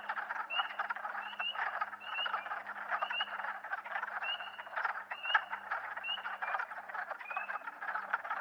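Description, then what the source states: Spring peepers giving several scattered high, short rising peeps over a dense, steady chorus of lower calls. More than one spring peeper calling, in spring.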